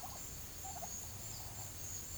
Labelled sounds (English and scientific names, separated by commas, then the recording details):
none
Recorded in pastures near Puerto Asís, Putumayo, Colombia, on 29 June 2025 at 12:00
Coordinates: 0.472, -76.331
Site G095